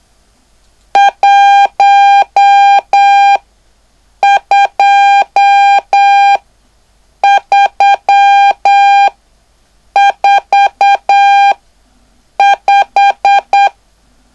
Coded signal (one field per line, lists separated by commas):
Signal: Morse code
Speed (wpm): 8 wpm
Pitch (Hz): 800 Hz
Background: none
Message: 12345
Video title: LU1WGO: Curso para Aspirante a Radioaficionado/Introducción al CW-Clase#03